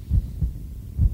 A super pro-life sound effect in terms of a baby's heartbeat.